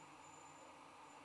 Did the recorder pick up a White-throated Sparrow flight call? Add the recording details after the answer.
no. No flight call is heard. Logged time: 10:52 on 21 December 2014